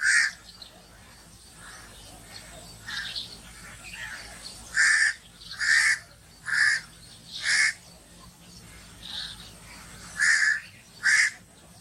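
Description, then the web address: Myna harsh, raspy calls, given singly and in short runs at an uneven pace, over a faint steady hum. "animal-sound myna-sound"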